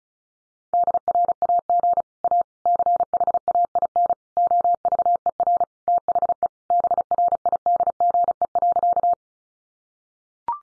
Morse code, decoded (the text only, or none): DRAG A CHAIN OVER THE BRIDGE.